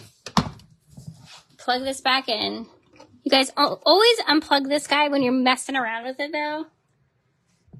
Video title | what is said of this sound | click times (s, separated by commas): Homemade skincare part 2 | there's three of them on here so there we go you'll hear it click | 0.4 s